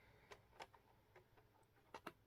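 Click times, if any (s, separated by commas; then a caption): 1.9 s, 2.1 s. A metal cutting die is fitted into a plastic 3D embossing folder and moved around, making light ticks at about 0.3, 0.6 and 0.7 seconds. It then snaps into its recess with two sharp clicks at 1.9 and 2.1 seconds, locking in place so the folder can emboss and die cut at the same time.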